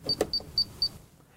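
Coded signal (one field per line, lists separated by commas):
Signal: beep code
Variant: ROAM remote control receiver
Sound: four quick high-pitched beeps in a row, with a faint click early on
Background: low background hum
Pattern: 4 short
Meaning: Power is on and the receiver is ready to learn a new address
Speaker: you'll plug back on your receiver and hear your four beeps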